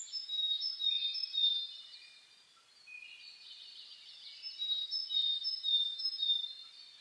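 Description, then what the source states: Birdsong from several singers at dawn, bright repeated chirps and thin whistles, easing briefly in the middle before building again. Dawn chorus (reimei) birdsong (saezuri), recorded 10 May 2010.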